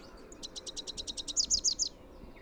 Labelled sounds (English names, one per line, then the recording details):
Rufous-capped Warbler song
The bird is a male
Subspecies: rufifrons
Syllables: 14
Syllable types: 3
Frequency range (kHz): 3.6-8.3 kHz
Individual YA-SON-M